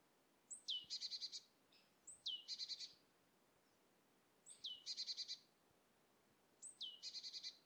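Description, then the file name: Great tit giving four phrases, each a sharp falling whistle followed by a dry, buzzing rattle, spaced roughly two seconds apart. "Parus major"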